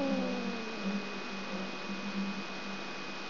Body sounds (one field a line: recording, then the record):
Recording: brain microelectrode recording played as sound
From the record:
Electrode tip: outside the subthalamic nucleus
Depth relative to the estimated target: -6 mm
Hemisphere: right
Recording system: AlphaMap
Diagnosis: Parkinson's disease